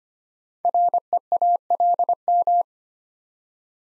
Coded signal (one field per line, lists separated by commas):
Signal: Morse code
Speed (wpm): 25 wpm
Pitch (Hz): 700 Hz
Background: none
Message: REALM